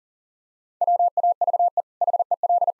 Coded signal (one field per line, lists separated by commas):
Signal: Morse code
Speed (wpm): 37 wpm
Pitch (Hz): 700 Hz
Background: none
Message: WAVE HEL